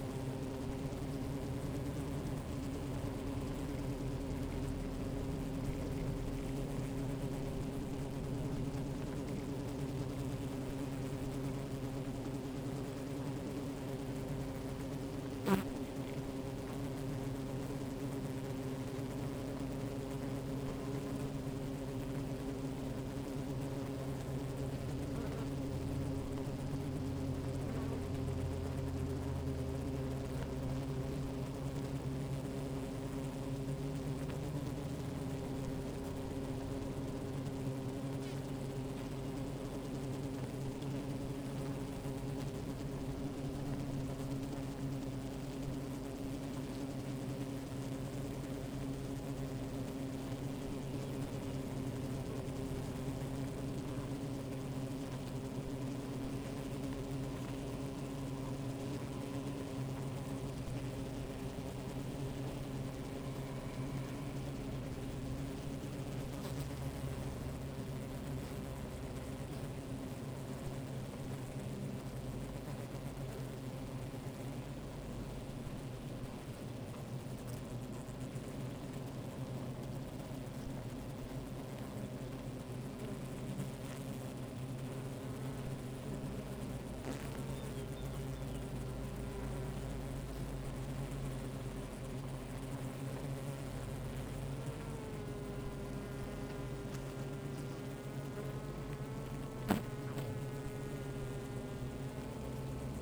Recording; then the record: honeybee colony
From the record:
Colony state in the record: active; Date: 28 July 2017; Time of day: 13:34